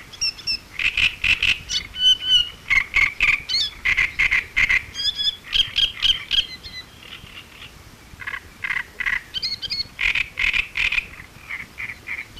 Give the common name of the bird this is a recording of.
Great Reed Warbler